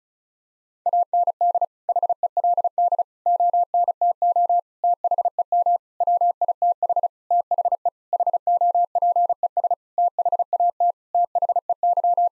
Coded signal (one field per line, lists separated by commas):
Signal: Morse code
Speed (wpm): 34 wpm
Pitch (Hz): 700 Hz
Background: none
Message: AND HELD ONTO THEM WITH THE HOPES THAT THEY